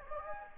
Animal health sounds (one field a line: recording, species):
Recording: mosquito wingbeat signal from an infrared sensor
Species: Anopheles gambiae